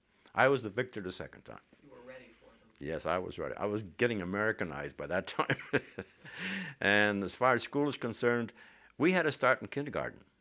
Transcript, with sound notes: I was the victor the second time.
You were ready for them.
Yes, I was ready. I was getting Americanized by that time. ( he laughs ) And as far as school is concerned, we had to start in kindergarten.